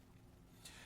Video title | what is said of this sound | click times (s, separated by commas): World of Watches TV Show: 10/10/2015 8 am to 10/12/2015 12 am | and that buckles into place and it is simple snap and once it snaps it's locked into place and it's a PRI a part | 0.7 s